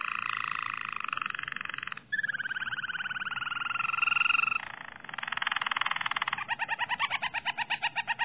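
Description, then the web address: Harz Roller canary song: low, smooth rolling trills held for seconds, shifting pitch between tours, ending in more distinctly pulsed rolls. "~joaopt canarios racas canto harzers"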